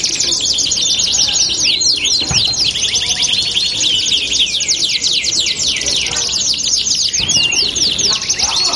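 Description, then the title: Belgian canary song, steady stream of quick high trills and looping sweeps, bright and unbroken throughout. Belgian canary song used to warm up and stimulate canaries to sing; said to make canaries respond and join in within seconds. "Canto Para Esquentar Canário Belga. LANGSUNG NYAUT. Pancingan suara kenari hitungan detik langsung ikut bunyi"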